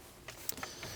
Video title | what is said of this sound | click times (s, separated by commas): BMW X5 Water Pump & Thermostat Replacement DIY (2019-2023 BMW G05 X5, G06 X6, 50i, M50i, N63TU3) | Lift this coolant line over here and push down until we hear that click. | 0.5 s